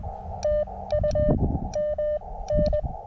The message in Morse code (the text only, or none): TU M N